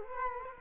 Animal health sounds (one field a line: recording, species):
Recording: mosquito wingbeat signal from an infrared sensor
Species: Culex quinquefasciatus